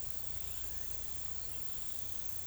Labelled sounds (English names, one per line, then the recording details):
none
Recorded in pastures near Puerto Asís, Putumayo, Colombia, on 21 December 2024 at 17:00
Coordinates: 0.486, -76.323
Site GP01